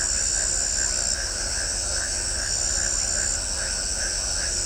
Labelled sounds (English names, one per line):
none